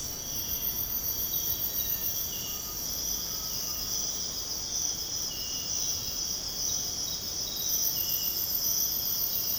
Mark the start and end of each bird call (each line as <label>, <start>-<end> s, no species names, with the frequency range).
bird call (0.9-1.6 kHz), 2.39-4.02 s